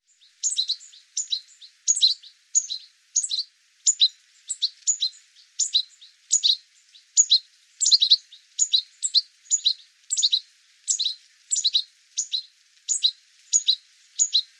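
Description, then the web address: Bird calls: sharp, high chirps repeated in a steady series over a quiet background. "cianscape birddata Deverinetal 2025 File cleaned normalized Bird"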